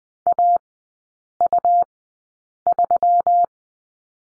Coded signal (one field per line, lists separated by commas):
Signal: Morse code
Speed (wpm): 19 wpm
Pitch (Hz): 700 Hz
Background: none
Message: AU3